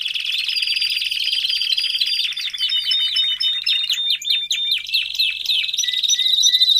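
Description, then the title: Domestic canary song: a thick rolling trill giving way to rapid descending chips and high piping notes, then a steady trill again. Male Belgian canary singing a lot, for training and warming up young canaries. "Canario Belga. Macho Cantando Muito"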